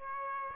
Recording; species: mosquito wingbeat signal from an infrared sensor; Aedes aegypti